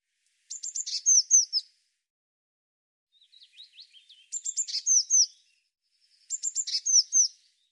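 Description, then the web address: Bird song: three phrases of high chips and falling whistles, with softer, lower twittering notes in the gap between the first two. "cianscape birddata Deverinetal 2025 File cleaned normalized Bird Cy Ca"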